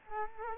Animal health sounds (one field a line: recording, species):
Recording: mosquito wingbeat signal from an infrared sensor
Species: Culex quinquefasciatus